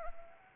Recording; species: mosquito wingbeat signal from an infrared sensor; Anopheles arabiensis